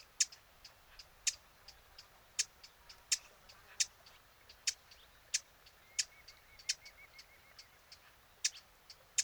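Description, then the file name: Eurasian blackcap hard tacking calls: many sharp dry clicks repeated at irregular intervals, with a faint thin note behind them. "Sylvia atricapilla"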